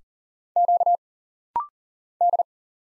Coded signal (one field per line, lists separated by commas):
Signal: Morse code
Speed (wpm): 42 wpm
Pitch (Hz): 700 Hz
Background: none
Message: Q D